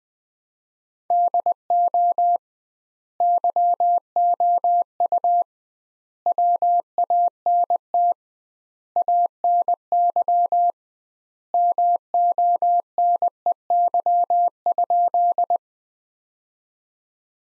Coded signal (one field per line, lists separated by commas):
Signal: Morse code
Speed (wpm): 20 wpm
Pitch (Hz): 700 Hz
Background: none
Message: DO YOU WANT ANY MONEY?